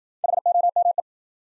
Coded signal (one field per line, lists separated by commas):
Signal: Morse code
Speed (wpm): 54 wpm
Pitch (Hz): 700 Hz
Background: none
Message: HOME